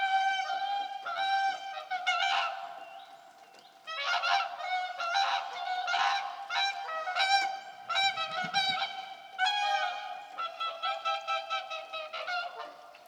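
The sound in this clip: Whooper swan calls, loud bugling honks with rich harmonics given in bursts of several notes, pausing briefly near four seconds before resuming, with a low rumble around eight seconds.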